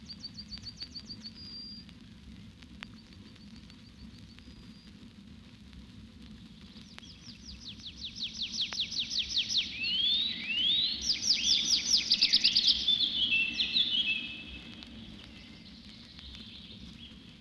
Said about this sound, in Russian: Цок, цок, цок. То в синем небе заливается лесной конек. Почему птицу так странно прозвали? Летает она необычно.